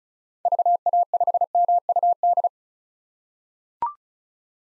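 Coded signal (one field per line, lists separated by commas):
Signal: Morse code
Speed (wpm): 36 wpm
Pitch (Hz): 700 Hz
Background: none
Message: VA5MUD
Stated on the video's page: Morse head-copy drill at 35 wpm of common 2023 POTA activator callsigns, each sent, spoken, then sent again.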